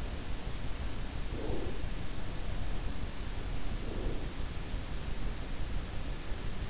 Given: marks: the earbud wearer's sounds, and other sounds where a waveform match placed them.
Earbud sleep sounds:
sounds in sleep by an in-ear microphone; breath
1.24-1.82 s: breath
3.83-4.28 s: breath

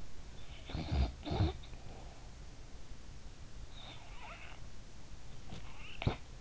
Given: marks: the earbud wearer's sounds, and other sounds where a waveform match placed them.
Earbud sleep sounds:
sounds in sleep by an in-ear microphone; snoring breath
0.32-2.25 s: snoring breath
5.74-6.37 s: snoring breath

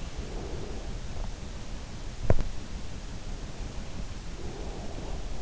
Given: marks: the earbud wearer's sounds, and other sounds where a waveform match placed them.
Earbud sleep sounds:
sounds in sleep by an in-ear microphone; breath, teeth grinding
0.00-1.26 s: breath
2.06-2.64 s: teeth grinding
4.09-5.42 s: breath

